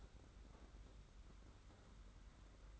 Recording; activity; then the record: daily activity, microphone in the room; open fridge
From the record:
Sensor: 3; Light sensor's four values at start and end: 32/96/39/33 and 32/96/39/33